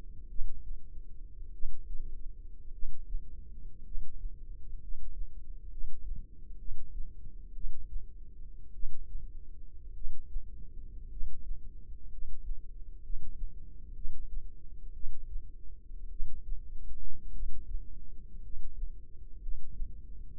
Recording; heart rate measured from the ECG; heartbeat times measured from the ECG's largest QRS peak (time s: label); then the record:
heart sounds by microphone in the left ear; 57 bpm
0.27 s: heartbeat
1.51 s: heartbeat
2.71 s: heartbeat
3.82 s: heartbeat
4.79 s: heartbeat
5.68 s: heartbeat
6.56 s: heartbeat
7.52 s: heartbeat
8.72 s: heartbeat
9.93 s: heartbeat
11.08 s: heartbeat
12.08 s: heartbeat
13.00 s: heartbeat
13.93 s: heartbeat
14.92 s: heartbeat
16.08 s: heartbeat
17.31 s: heartbeat
18.40 s: heartbeat
19.39 s: heartbeat
20.37 s: heartbeat
From the record:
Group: healthy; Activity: cold pressor test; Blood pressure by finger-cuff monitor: 115/49 mmHg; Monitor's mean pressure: 73 mmHg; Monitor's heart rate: 55 bpm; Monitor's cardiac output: 6.7 L/min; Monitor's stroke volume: 118 mL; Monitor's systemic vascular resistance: 790 dyn s/cm5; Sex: male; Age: 25 years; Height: 170 cm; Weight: 70.4 kg